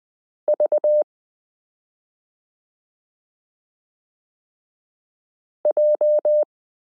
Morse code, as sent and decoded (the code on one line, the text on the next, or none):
...- / .---
V J